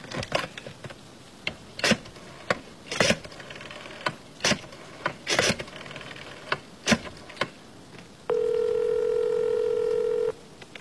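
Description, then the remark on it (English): A string of irregular sharp clicks and taps as a telephone number is dialed, followed by a loud, steady buzzing dial tone lasting about two seconds. No one speaks. “Quick, give me a number. I'll phone you back.”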